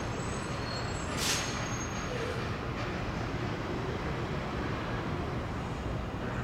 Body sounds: background sound without coughing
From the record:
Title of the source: 30 MINUTES Construction Site Ambience (CC BY 4.0)

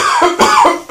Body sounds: coughing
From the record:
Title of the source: Spring Cold Coughing 2

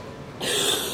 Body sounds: coughing mixed with background sound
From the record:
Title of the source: 30 Chesty and wet cough

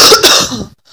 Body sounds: coughing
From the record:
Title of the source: November cold (wet coughing)

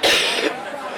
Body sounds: coughing mixed with background sound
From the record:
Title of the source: 55 gaggy wet cough

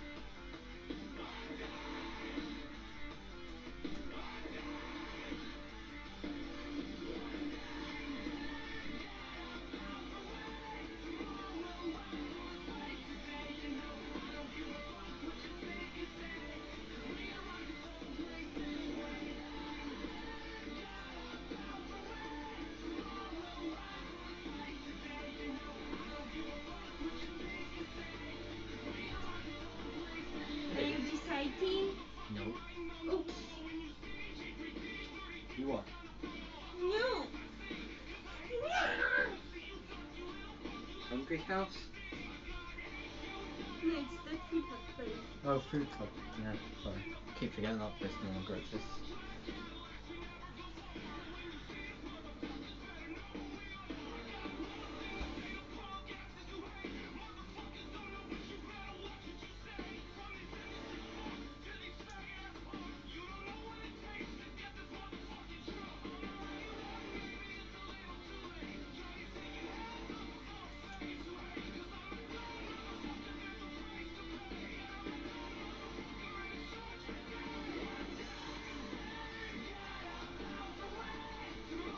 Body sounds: background sound without coughing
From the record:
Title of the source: BackgroundMusic

